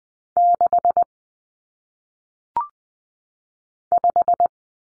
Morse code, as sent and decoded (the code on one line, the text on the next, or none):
-.... / .....
6 5